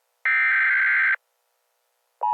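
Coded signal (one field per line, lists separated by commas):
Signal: Emergency Alert System (SAME) tones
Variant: header bursts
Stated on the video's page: Fictional EAS scenario set in a future of risen oceans.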